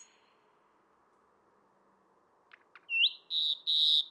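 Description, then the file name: Common nightingale song: quiet at first, then two clicks and a rising whistle leading into a few loud, sustained pure notes. "Luscinia megarhynchos"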